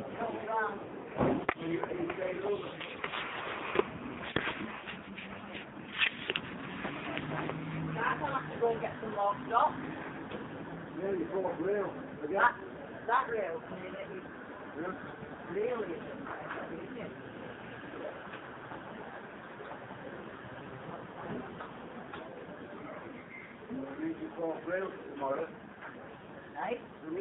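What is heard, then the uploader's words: Market chatter fills the clip, with several voices talking at once and in the background, a man's voice often standing out. Sharp clinks and knocks punctuate the steady crowd murmur, and the sound is somewhat muffled and dull, lacking any crisp high end. Brighouse Market by Chris Hester.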